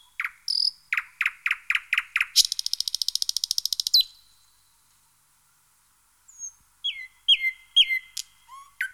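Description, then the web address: Thrush nightingale sings a series of loud, evenly spaced clacking notes that run into a rapid rattle, a brief silence, then fluty whistled notes and clicks. "chants d'oiseaux Jean C Roche - Rossignol progne"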